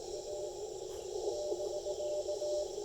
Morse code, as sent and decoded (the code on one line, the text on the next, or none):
.- / -...-.-
A <BK>